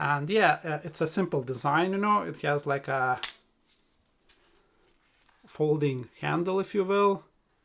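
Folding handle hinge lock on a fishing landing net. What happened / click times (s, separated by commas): Handled, not yet home: the folding handle has not locked yet / none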